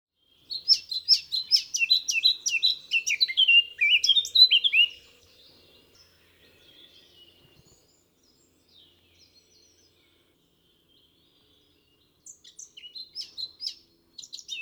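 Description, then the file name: Eurasian blackcap song: a rapid warbled phrase lasting several seconds, near-silence, then short warbling bursts. "Sylvia atricapilla"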